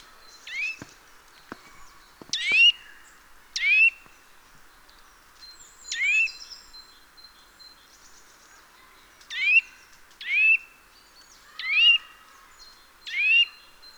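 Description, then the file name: Eurasian nuthatch calls, harsh notes spaced a second or two apart with a gap midway, a few sharp clicks near the start and a faint high whistle. "Sitta europaea"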